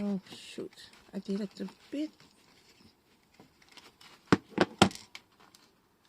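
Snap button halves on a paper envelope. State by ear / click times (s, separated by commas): not seated / none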